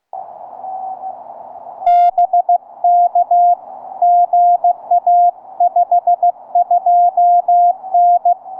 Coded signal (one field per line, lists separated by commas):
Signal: Morse code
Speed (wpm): 17 wpm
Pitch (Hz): 690 Hz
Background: none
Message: BK GA 52N